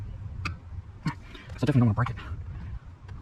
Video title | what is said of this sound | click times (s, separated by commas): 2010 FORD F-150 turns over but doesn't start! Yes...MY FORD F-150!!! | it click now | 0.5 s